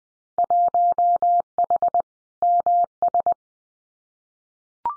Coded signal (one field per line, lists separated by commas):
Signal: Morse code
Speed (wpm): 20 wpm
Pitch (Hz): 700 Hz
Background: none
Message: 1H MS